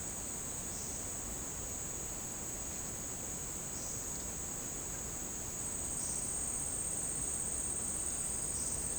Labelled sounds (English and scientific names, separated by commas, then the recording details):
none
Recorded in dense forest near Puerto Asís, Putumayo, Colombia, on 23 June 2025 at 11:30
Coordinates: 0.499, -76.324
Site G100